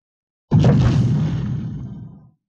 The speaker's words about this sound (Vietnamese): Tiếng nổ kinh thiên động địa, chớp mắt có ngọn núi sụp đổ, bụi đất bay đầy.